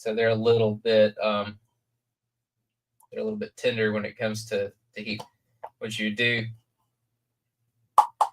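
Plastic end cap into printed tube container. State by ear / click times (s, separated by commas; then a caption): seated / 8.0 s, 8.2 s. Plastic end caps are fitted onto the bottom and top of a 3D-printed PLA plastic tube container, snapping into place. Someone talks for most of the clip, then two sharp snaps are heard at 8.0 s and 8.2 s as the caps seat.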